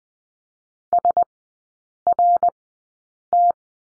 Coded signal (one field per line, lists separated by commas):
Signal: Morse code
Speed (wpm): 20 wpm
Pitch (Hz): 700 Hz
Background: none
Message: SRT